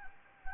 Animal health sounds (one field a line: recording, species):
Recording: mosquito wingbeat signal from an infrared sensor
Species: Anopheles gambiae